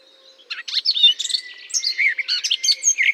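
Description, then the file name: Eurasian blackcap song, a short, dense run of rapid, varied chattering and fluty notes. Singing in a holly bush. "chant de fauvette a tete noire dans houx"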